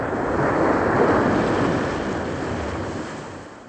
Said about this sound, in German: Dann setzte die Maschine auf dem Wasser auf.